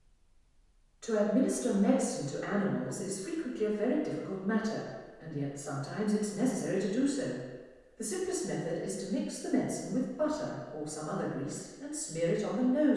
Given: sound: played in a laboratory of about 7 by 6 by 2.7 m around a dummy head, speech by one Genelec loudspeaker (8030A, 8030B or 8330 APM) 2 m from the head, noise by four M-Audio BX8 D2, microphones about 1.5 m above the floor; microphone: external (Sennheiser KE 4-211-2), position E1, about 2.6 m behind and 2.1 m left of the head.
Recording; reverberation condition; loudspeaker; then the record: female speech in English; high; 90 degrees to the right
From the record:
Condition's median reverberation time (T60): about 1300 ms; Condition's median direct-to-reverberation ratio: about -4.0 dB